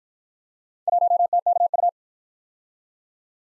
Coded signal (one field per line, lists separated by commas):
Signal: Morse code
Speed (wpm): 56 wpm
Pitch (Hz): 700 Hz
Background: none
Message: 1TKU